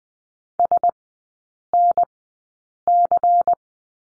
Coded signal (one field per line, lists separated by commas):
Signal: Morse code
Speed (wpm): 20 wpm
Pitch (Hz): 700 Hz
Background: none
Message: SNC